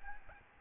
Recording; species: mosquito wingbeat signal from an infrared sensor; Aedes albopictus